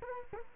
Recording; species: mosquito wingbeat signal from an infrared sensor; Culex quinquefasciatus